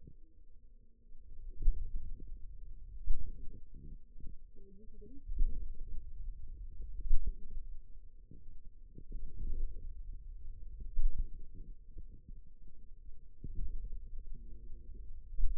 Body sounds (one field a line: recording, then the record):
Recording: forearm muscle sounds (acoustic myography)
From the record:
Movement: pen grasping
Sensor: system 2, bracelet of six BSWA MPA416 microphones around the upper forearm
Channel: 3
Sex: female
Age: 21 years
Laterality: right